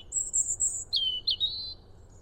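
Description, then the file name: European robin song: a very high thin whistle followed by two lower liquid slurred phrases, clear and pure. "Erithacus rubecula"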